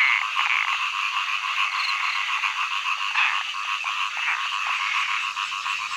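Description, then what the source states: Frogs in a loud chorus, many overlapping croaks and rattling trills blending into a steady wash of sound. Frog songs in early summer.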